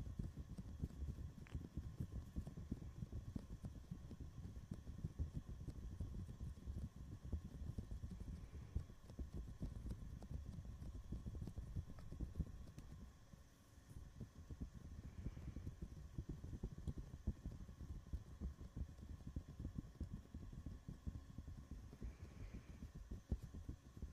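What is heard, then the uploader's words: Constant fingers rubbing and tapping a microphone cover, a dense low muffled scratching with thumps, easing briefly around fourteen seconds. ASMR mic touching // fuzzy cover, foam cover, bare mic //.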